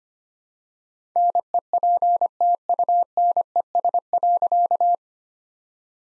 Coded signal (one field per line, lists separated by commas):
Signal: Morse code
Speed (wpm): 25 wpm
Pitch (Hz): 700 Hz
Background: none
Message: NEPTUNES.